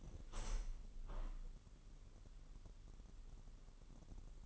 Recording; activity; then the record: daily activity, microphone in the room; open window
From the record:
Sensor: 4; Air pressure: 999.4 hPa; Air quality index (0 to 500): 132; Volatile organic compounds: 2 ppm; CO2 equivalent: 1309 ppm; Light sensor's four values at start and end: 19/46/19/21 and 19/46/19/21